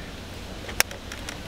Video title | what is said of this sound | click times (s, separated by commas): How to Swap the Steering Wheel on Your Holden Commodore | so that just should just clip in pretty easily a little look here a little clippy | 0.8 s